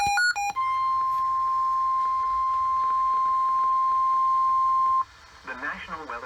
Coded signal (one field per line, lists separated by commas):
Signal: Emergency Alert System (SAME) tones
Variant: 1050 Hz attention tone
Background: speech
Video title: EAS Alerts from April 13, 2020 (EAS #45-56)